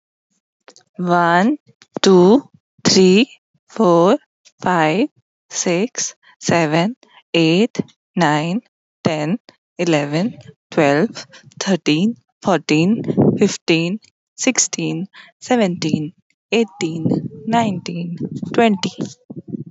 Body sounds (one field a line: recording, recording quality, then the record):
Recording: counting at a normal pace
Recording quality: moderate, slight background noise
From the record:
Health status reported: healthy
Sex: female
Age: 28 years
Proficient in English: yes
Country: India